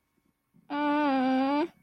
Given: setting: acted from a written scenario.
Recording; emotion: vocal sound without words; awe